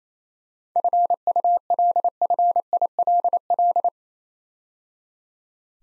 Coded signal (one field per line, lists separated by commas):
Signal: Morse code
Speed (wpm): 27 wpm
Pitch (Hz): 700 Hz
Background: none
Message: FULFILL